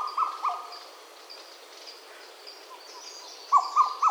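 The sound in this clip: Madagascar cuckoo with two hollow notes at the start and three more at the end, separated by a quiet gap; soft high chirps from other birds.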